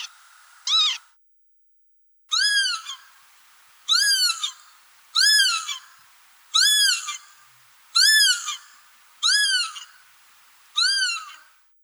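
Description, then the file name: Northern lapwing giving loud, slurred calls that rise and fall in an arch, repeated about every one and a half seconds after a short opening note. "Vanellus vanellus"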